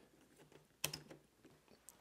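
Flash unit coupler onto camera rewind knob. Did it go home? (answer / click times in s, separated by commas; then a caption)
yes / 0.8 s. A Nikon F2 flash unit coupler is slid over the camera's rewind knob and locks in place with a sharp click at 0.8 s, followed by a softer tick near 0.9 s and a faint tick at 1.9 s. No one talks during the clip, and the coupler is seated.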